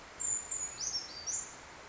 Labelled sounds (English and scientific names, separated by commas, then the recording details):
Brown Creeper (Certhia americana)
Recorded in Sonoma County, California